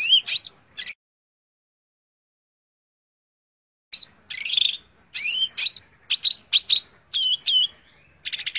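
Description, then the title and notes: Greater green leafbird song: quick upslurred whistles and sharp notes, a long silent pause, then a varied burst of slurred whistles, rasping phrases and a buzzy trill. Song recording meant as tutor audio (masteran) for training cucak ijo cage birds. "Suara Burung Cucak Ijo. mantap buat masteran burung cak ijo"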